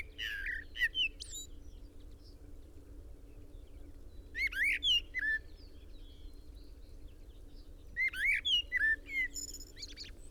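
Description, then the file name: Common blackbird singing three phrases of mellow whistles and twittering squeaks, with quiet gaps between. "Turdus merula"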